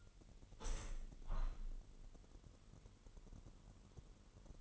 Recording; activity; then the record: daily activity, microphone in the room; open window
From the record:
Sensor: 4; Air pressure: 999.4 hPa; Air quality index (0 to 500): 108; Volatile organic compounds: 2 ppm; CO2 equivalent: 1070 ppm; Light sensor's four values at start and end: 13/31/13/14 and 13/31/13/14